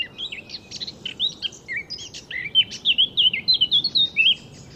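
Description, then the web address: Eurasian blackcap with a quick twittering warble, then a louder sequence of pure, swooping fluty whistles closing the phrase; soft background noise throughout. "SETE data Sylvia atricapilla"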